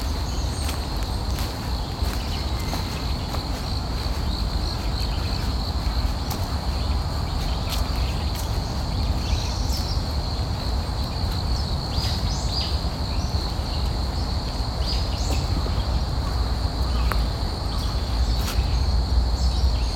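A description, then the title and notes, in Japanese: Insects drone steadily outdoors in a continuous high, even buzz that holds for the whole stretch. Small birds add brief, scattered chirps, clustering around the middle and near the end, over a low, constant rumble in the background. 公園の朝散歩より599コトリと虫の音。公園の朝散歩で聴こえてくる自然音を無言配信しています。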